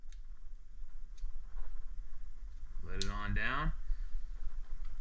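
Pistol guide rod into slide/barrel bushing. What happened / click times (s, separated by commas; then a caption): The guide rod clicked into its locked position / 0.1 s. During reassembly of a Kimber 2K11 pistol slide, the steel guide rod is pushed all the way up and turned clockwise until it clicks into its locked position in the slide and barrel bushing. A sharp click at 0.1 s marks it seating, followed by a fainter tick at 1.2 s, and someone talks around 3 seconds. The guide rod is seated.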